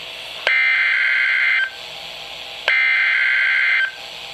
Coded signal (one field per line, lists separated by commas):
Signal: Emergency Alert System (SAME) tones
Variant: header bursts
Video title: 2 Severe T-Storm Warnings (EAS #952-953)